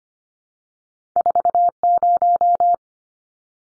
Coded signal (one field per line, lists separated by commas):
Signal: Morse code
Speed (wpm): 25 wpm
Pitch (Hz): 700 Hz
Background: none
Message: 40